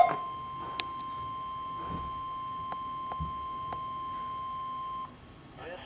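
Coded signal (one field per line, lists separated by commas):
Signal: Emergency Alert System (SAME) tones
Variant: 1050 Hz attention tone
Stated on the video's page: Required Weekly Test issued by the weather service office in Monterey.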